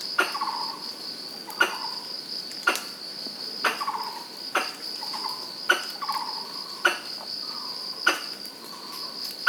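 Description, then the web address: Pallas's squirrel calls: sharp, clicking chuck notes repeated about every second, each followed by a faint lower tone, over a steady high-pitched insect drone. Recorded in Pingtung, Taiwan, on 19 March 2017. "koe kurihararisu 20170319 taiwanheitou hayashinoriko"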